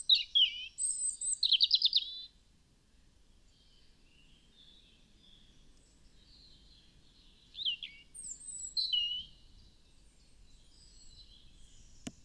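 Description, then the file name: European robin singing varied high, thin phrases of whistled notes and quick descending slurs, in two louder bursts separated by quieter notes. "Erithacus rubecula"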